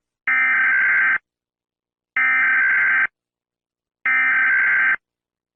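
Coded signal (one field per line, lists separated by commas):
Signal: Emergency Alert System (SAME) tones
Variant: header bursts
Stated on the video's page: Fictional EAS scenario.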